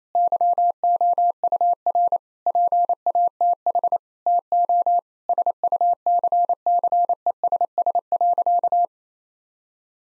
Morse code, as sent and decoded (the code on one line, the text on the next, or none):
-.-- --- ..- .-. / .--. .- - .... / - --- / ... ..- -.-. -.-. . ... ... .-.-.-
YOUR PATH TO SUCCESS.